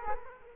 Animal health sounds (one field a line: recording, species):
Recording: mosquito wingbeat signal from an infrared sensor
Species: Culex quinquefasciatus